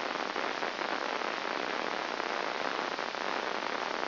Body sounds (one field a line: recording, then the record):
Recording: brain microelectrode recording played as sound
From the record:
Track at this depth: outside the subthalamic nucleus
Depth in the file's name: 0.306 mm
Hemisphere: left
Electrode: 2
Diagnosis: Parkinson's disease